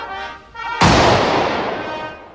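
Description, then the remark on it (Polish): An honor gun salute volley fired in Poland to mark the 3 May Constitution Day celebrations fires once: a sudden, loud, sharp blast that rolls out into a long, slowly fading rumble. A faint, steady background hum comes just before it. “Dla uczczenia święta Konstytucji 3 maja, salwa honorowa.”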